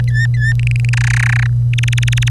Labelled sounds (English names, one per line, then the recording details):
Domestic Canary song
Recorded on 25 April 2018 at 08:41
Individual llb3